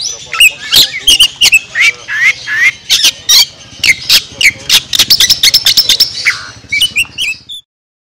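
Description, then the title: Oriental magpie-robin song of harsh squawky notes and sharp clicks, about three per second, mixed with short whistled phrases, stopping abruptly before the end. National champion bird. "Bintang Sektor Kacer Juara Nasional"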